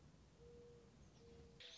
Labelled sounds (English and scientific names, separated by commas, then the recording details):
Mourning Dove (Zenaida macroura)
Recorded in Sonoma County, California